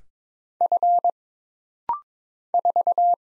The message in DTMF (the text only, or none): none